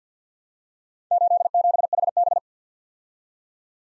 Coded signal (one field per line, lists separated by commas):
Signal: Morse code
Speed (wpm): 53 wpm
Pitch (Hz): 700 Hz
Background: none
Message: 87HB